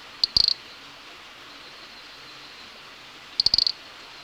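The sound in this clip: Nesobia mjobergi call, two brief rattles of sharp high clicks about three seconds apart, otherwise quiet hiss.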